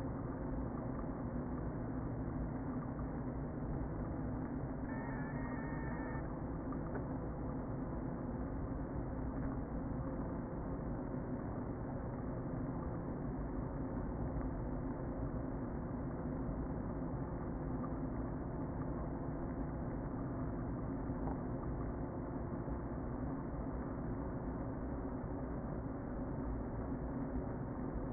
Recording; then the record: honeybee colony, microphone inside the hive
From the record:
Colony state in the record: queen present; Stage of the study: before two queens were removed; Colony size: about 60,000 bees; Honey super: yes